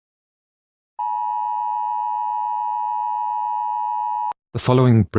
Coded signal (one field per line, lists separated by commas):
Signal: Emergency Alert System (SAME) tones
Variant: 853 and 960 Hz attention tone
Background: speech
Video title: EAS Scenario #42: The Cenobite Rampage.